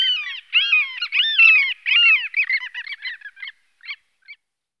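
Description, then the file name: Long-tailed jaeger calls, a series of harsh, nasal, squealing notes with arched pitch, tumbling faster and fainter, ending in a few short separate yelps. "Chaluha mala Stercorarius longicaudus"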